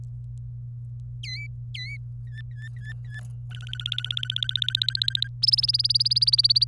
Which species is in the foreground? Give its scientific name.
Serinus canaria